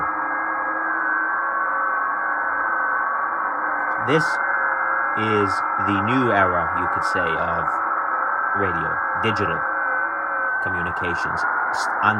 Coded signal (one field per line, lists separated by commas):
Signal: FT8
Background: speech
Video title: Morse Code And More On The Tecsun PL-330